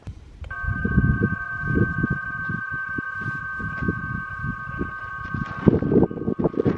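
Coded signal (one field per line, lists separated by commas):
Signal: PSK31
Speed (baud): 31.25 baud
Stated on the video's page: Summit activation attempt that failed.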